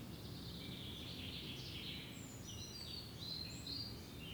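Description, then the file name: Eurasian blackcap: scratchy warbled chatter mixed with short clear whistles, continuing throughout against a steady low rumble. "Sylvia atricapilla"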